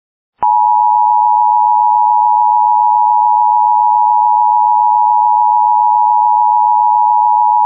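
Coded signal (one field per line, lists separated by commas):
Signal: Emergency Alert System (SAME) tones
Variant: 853 and 960 Hz attention tone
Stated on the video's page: Local Area Emergency for a wildfire, taken from an alert repository rather than received live.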